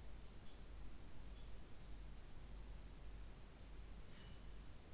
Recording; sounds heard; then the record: poultry house recording; no chicken sound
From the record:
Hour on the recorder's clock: 21